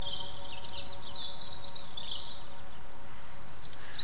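Bird calling with high, rapid repeated sweeping notes, over a steady low rumble and hum.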